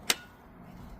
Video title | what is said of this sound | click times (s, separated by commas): Setting up your Kobalt Brushless/ Cordless Circular Saw #lowes #kobalttools #homeimprovement | Pop your battery in place till it clicks. | 0.1 s